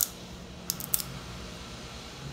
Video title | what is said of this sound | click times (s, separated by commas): Phoenix Equipment Company-Major Rebuild Resin Pump | you hear it click you know you're in Valerie | 0.7 s, 0.9 s